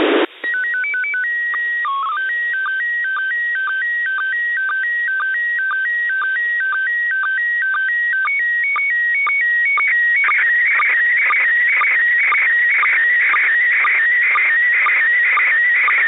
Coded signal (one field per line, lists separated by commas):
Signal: SSTV (slow-scan television)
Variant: PD 120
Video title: [International Space Station] Receiving & Decoding an SSTV Image (June 2021 Event); 10. June 2021